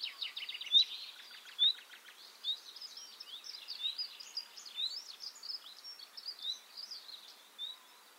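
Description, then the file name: Common nightingale song: a rapid series of dry repeated notes opening into fast, varied warbling with buzzy trills and sharp chirps, full and unbroken throughout. "Luscinia megarhynchos"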